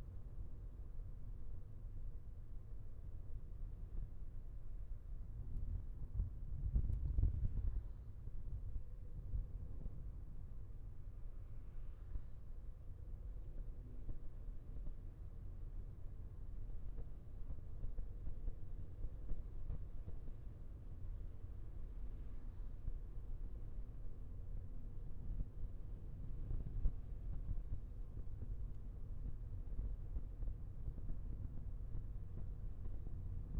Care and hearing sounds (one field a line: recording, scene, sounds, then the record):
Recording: everyday scene through a hearing-aid microphone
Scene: in a vehicle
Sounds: engine, traffic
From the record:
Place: Skoda Fabia, gasoline engine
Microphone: behind the ear, left, front